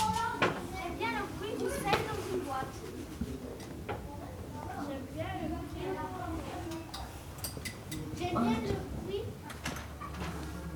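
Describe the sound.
The SEGPA corridor of the collège in Saint-Estève, Pyrénées-Orientales, France, full of children's voices: many kids chatter and call out at once in a steady, overlapping babble, with occasional louder shouts rising above the din.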